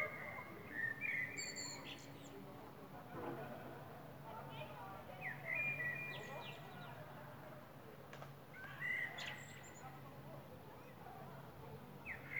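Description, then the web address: Common blackbird singing short fluted whistles that end in thin, high twittering flourishes, repeated several times with pauses, against a constant low rumble. Recorded in April. "Amsel im April"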